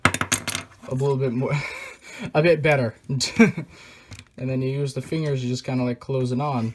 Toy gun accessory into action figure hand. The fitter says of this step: to where this can actually securely lock into place